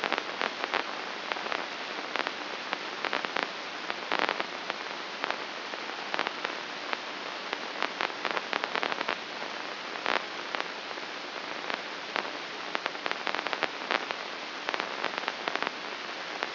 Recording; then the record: brain microelectrode recording played as sound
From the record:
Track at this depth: outside the subthalamic nucleus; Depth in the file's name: 6.229 mm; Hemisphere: left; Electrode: 2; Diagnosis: Parkinson's disease